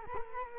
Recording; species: mosquito wingbeat signal from an infrared sensor; Culex quinquefasciatus